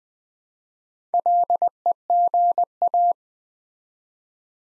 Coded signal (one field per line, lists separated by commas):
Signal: Morse code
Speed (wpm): 21 wpm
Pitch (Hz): 700 Hz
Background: none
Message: LEGA